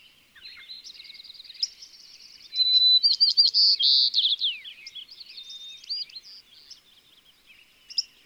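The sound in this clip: White-crowned sparrow song: a loud phrase of whistles, buzzy trills and down-slurred notes, with quieter, similar song before and after it.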